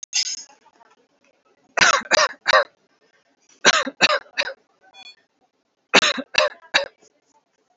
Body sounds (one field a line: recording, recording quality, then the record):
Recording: heavy voluntary cough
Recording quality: excellent, no background noise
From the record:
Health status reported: healthy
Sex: male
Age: 39 years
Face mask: worn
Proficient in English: yes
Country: India